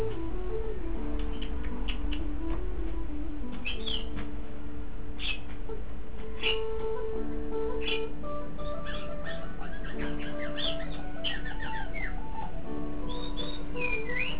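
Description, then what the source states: Shama delivering sparse notes early, then a lively burst of varied whistled phrases toward the end, above continuous low humming tones. Song labelled with the word meow.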